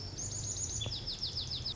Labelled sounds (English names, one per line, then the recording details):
Lazuli Bunting
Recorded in Sonoma County, California